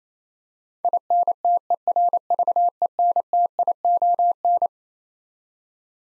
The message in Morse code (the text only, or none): INTERVENTION